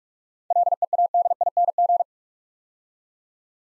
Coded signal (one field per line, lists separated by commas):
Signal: Morse code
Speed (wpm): 44 wpm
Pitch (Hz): 700 Hz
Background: none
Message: LEADING